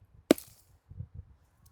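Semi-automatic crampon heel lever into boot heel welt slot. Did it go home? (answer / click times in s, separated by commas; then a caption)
yes / 0.3 s. The metal heel lever of a semi-automatic crampon is pressed into the special slot in the heel welt of a mountaineering boot. It snaps in with one sharp, bright click at 0.3 s, followed by soft low handling sounds and a faint tick near 1.7 s. The lever is seated in the slot.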